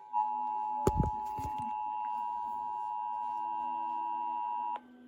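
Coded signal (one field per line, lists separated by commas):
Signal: Emergency Alert System (SAME) tones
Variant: 853 and 960 Hz attention tone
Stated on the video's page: Monthly test.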